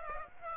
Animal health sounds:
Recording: mosquito wingbeat signal from an infrared sensor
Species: Aedes aegypti

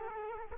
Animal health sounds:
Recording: mosquito wingbeat signal from an infrared sensor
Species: Culex quinquefasciatus

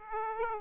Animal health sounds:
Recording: mosquito wingbeat signal from an infrared sensor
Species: Aedes aegypti

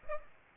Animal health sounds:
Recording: mosquito wingbeat signal from an infrared sensor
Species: Aedes aegypti

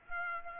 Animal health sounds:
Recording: mosquito wingbeat signal from an infrared sensor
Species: Aedes aegypti

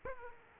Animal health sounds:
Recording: mosquito wingbeat signal from an infrared sensor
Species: Aedes aegypti

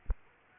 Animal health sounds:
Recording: mosquito wingbeat signal from an infrared sensor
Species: Aedes aegypti

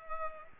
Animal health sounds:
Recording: mosquito wingbeat signal from an infrared sensor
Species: Culex pipiens

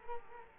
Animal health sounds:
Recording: mosquito wingbeat signal from an infrared sensor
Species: Culex quinquefasciatus

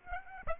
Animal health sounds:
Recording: mosquito wingbeat signal from an infrared sensor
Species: Aedes aegypti

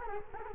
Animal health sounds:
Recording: mosquito wingbeat signal from an infrared sensor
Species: Culex quinquefasciatus

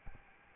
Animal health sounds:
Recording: mosquito wingbeat signal from an infrared sensor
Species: Aedes albopictus

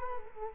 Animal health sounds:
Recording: mosquito wingbeat signal from an infrared sensor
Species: Culex quinquefasciatus

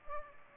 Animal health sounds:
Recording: mosquito wingbeat signal from an infrared sensor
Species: Culex pipiens

